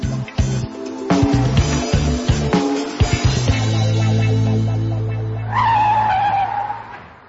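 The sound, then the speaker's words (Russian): A car engine revs in choppy bursts, then the brakes grab and the tires let out a long, rising screech before the vehicle skids to a halt. “Перед Растяпкиным затормозила машина.”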